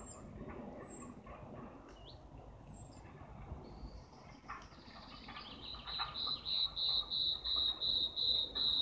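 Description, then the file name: Common nightingale song: a steady series of pure, high piping notes, growing louder toward the end, over background rumble. "Gesang Nachtigall"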